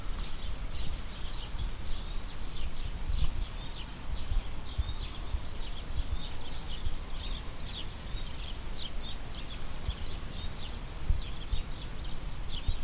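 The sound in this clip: Birds giving high, short chirps repeated steadily throughout, over a constant low rumbling background noise.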